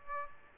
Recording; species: mosquito wingbeat signal from an infrared sensor; Aedes aegypti